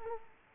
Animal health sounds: mosquito wingbeat signal from an infrared sensor; Culex quinquefasciatus

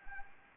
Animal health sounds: mosquito wingbeat signal from an infrared sensor; Anopheles arabiensis

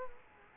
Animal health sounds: mosquito wingbeat signal from an infrared sensor; Culex quinquefasciatus

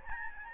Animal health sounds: mosquito wingbeat signal from an infrared sensor; Aedes albopictus

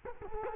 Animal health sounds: mosquito wingbeat signal from an infrared sensor; Culex quinquefasciatus

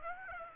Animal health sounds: mosquito wingbeat signal from an infrared sensor; Aedes aegypti

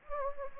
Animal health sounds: mosquito wingbeat signal from an infrared sensor; Anopheles gambiae

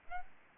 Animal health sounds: mosquito wingbeat signal from an infrared sensor; Aedes albopictus

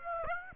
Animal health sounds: mosquito wingbeat signal from an infrared sensor; Aedes aegypti

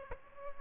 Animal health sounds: mosquito wingbeat signal from an infrared sensor; Aedes aegypti

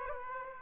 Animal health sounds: mosquito wingbeat signal from an infrared sensor; Aedes aegypti

